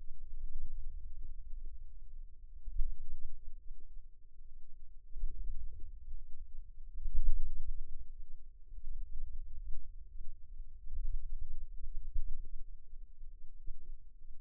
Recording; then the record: forearm muscle sounds (acoustic myography)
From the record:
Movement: wrist extension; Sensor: system 2, bracelet of six BSWA MPA416 microphones around the upper forearm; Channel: 5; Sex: female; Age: 22 years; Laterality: right